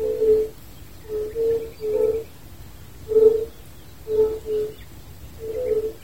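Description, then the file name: Fire-bellied toads give soft, low, hollow hooting calls, single or in quick pairs, roughly one every second. "wider unken"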